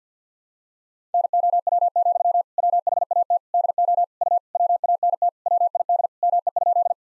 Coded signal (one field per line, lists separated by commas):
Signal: Morse code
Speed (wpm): 50 wpm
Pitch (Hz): 700 Hz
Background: none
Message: NOW, WHAT DO U WANT WID ME?